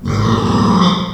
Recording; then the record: squeal of a Yucatan mini pig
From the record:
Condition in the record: after surgery on the right vocal fold (resection and tissue-engineered implant); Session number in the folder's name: 16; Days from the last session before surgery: 183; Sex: female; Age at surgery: 19 weeks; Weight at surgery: 25 kg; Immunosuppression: prednisolone